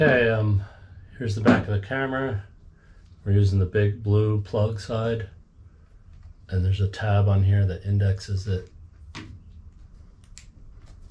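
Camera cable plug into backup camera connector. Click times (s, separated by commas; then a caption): 10.4 s. Someone talks while lining up the big blue plug on the back of a relocated backup camera, from a rear view mirror relocation kit on the truck cap of a 2024 GMC 2500HD, using the plug's indexing tab. The plug is then pushed into the camera's connector and snaps in with a sharp click at 10.4 s, seated and looking good.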